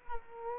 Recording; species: mosquito wingbeat signal from an infrared sensor; Culex quinquefasciatus